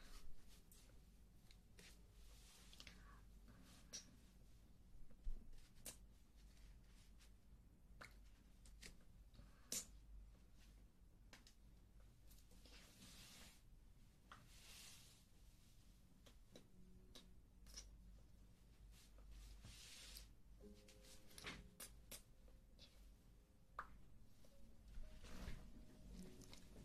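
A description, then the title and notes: Close, wet mouth sounds of ear eating, with frequent sticky clicks and soft squishing bursts scattered throughout. Louder smacks land around 5, 10, 15 and 21 seconds over a steady low hum, and a faint whine briefly appears near the end. Ear eating and ear massage.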